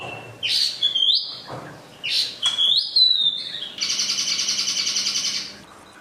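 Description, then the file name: Chinese hwamei song: a few whistled phrases with sharp notes, followed by a two-second harsh, buzzy rattling passage before quiet. Used for training cage birds (omkicau). "audio-hwamei-mini-2-omkicau"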